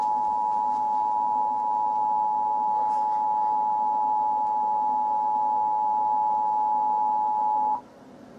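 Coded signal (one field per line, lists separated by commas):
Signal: Emergency Alert System (SAME) tones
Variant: 853 and 960 Hz attention tone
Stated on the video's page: Fictional EAS scenario, simulated alert.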